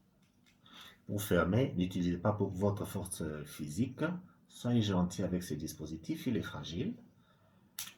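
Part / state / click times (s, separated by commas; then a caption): lancing device cap onto lancing device body / seated / 7.8 s. Someone talks while the cap of a plastic lancing device is gently twisted back onto the body after the lancet is loaded. A sharp click at 7.8 seconds shows the cap is locked in place.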